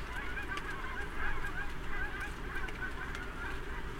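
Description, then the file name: Goose: geese honking, a busy flock with nasal calls tumbling over one another, set against a strong low-pitched background rumble. Geese calling, recorded on 5 October 2008. "20081005 geese"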